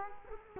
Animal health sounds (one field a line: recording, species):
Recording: mosquito wingbeat signal from an infrared sensor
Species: Culex quinquefasciatus